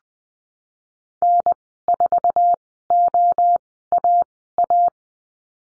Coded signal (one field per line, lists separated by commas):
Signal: Morse code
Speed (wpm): 20 wpm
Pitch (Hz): 700 Hz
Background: none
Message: N4OAA